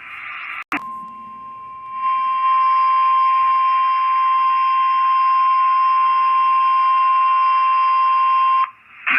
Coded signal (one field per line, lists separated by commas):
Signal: Emergency Alert System (SAME) tones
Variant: 1050 Hz attention tone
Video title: So Many Severe Thunderstorms/Tornadoes/Special Marines/Tornado Watches (11/30/22) (EAS 7-23)